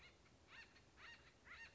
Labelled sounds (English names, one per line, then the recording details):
Acorn Woodpecker
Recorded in Sonoma County, California